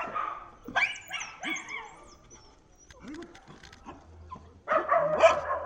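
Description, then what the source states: Dog barks and yips in short scattered bursts separated by quieter gaps, ending in a loud cluster of overlapping barks. Several dogs barking at night in the upper town.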